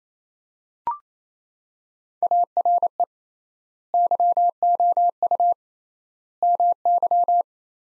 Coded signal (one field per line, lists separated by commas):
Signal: Morse code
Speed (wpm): 28 wpm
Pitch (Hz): 700 Hz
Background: none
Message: ARE YOU MY